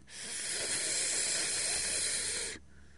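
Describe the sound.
Snake hiss: one steady, breathy hiss lasting about two and a half seconds, strong in the high range, then cutting off abruptly into quiet.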